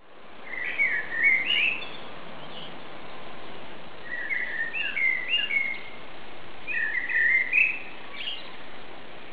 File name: Common Blackbird Song